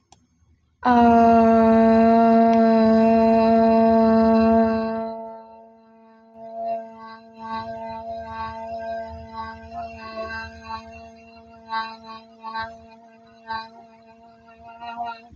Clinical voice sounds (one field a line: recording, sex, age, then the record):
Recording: vowel held as long as possible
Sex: female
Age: 18 to 19 years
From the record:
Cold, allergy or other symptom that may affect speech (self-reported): no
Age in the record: 19 years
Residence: Kentucky, United States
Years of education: 13